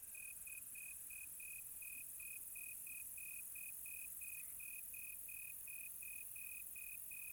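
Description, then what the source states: Cricket chirping in a steady series of short, high, pure pulses, about three a second, with a faint hiss throughout. Quiet tropical night.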